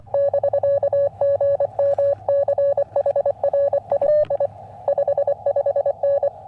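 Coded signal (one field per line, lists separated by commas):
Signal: Morse code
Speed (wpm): 24 wpm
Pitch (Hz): 1700 Hz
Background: none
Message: <BK> GM CHRI I 55N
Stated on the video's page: Summits on the Air activation with ham radios on a mountain.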